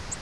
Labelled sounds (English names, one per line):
Virginia's Warbler flight call